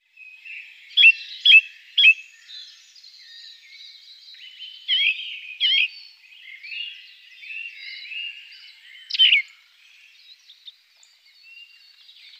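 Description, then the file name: Ring ouzel piping notes, three quick ones at the start and a few more later, amid busy twittering. "beflijster ring ouzel"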